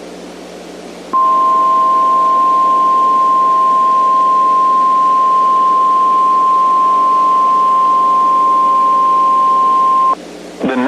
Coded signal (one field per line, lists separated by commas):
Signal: Emergency Alert System (SAME) tones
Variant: 1050 Hz attention tone